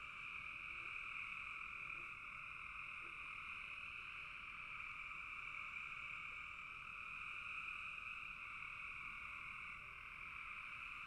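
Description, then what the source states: Frogs chorusing nonstop, a thick, even trilling hum that stays unchanged throughout. Several frogs calling in a bog.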